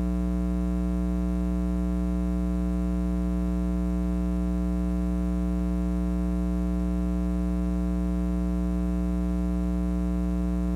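A 60Hz buzz holds perfectly steady for the whole clip, a deep electrical hum with a stack of evenly spaced tones rising above it. Nothing changes or interrupts it; the level stays constant, with only a faint hiss high above.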